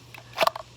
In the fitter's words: i just made about a quarter turn or just a small turn clock clockwise clicks in place